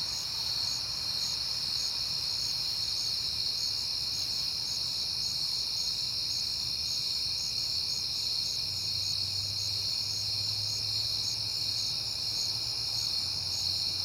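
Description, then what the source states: Crickets trilling continuously with a rhythmic high chirp, and a low hum appearing in the second half. Crickets at night in September, on a peaceful night.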